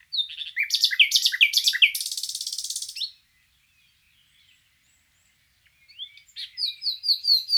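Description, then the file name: Common nightingale song: a jumble of quick varied notes running into a fast buzzy trill, a pause, then a series of sharp descending whistled notes. "Luscinia megarhynchos"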